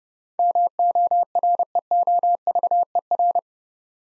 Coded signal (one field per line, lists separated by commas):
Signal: Morse code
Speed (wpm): 30 wpm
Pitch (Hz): 700 Hz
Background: none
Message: MOREOVER